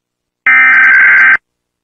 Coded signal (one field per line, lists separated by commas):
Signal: Emergency Alert System (SAME) tones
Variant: header bursts